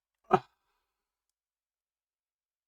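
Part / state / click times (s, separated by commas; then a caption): model aircraft part into the turret or fuselage assembly / seated / 0.3 s. A part of a Lancaster bomber model is pushed into its turret or fuselage assembly and seats with one loud, sharp snap at 0.3 s. The short broadband click fades within about a tenth of a second, followed by silence for the rest of the clip.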